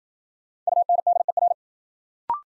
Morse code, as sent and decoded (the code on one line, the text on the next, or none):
..- -. -.. . .-.
UNDER